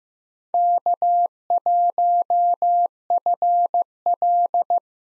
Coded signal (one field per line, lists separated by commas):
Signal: Morse code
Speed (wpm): 15 wpm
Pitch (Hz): 700 Hz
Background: none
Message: K1FL